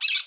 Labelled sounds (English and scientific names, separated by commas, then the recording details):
Brown-throated Parakeet (Eupsittula pertinax) contact call
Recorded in Curacao
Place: Hoffi Jan Thiel
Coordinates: 12.094, -68.877